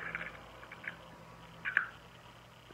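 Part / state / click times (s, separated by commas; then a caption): spool onto spinning reel shaft / not seated / none. A spool loaded with mono line is fitted back onto the shaft of a Makaira spinning reel and only rolls back and forth. Soft ticks and rattles come near 0.1, 0.7 and 0.9 seconds, with a sharper tap at 1.8 seconds. The spool has not clicked into place yet.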